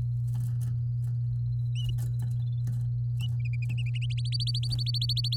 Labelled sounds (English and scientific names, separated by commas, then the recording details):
Domestic Canary (Serinus canaria) song
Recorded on 8 May 2018 at 13:02
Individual llb16